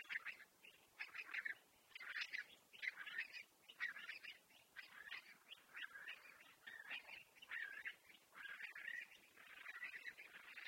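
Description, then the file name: Eurasian curlew calling in a dense, excited run of bubbling, warbled notes that overlap almost without pause for ten seconds, over a low background hiss. "Courlis-cendré-Numenius-arquata"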